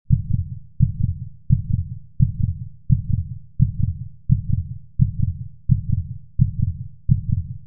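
Regular adult heartbeat at about 86 beats per minute, each beat a low-pitched thump.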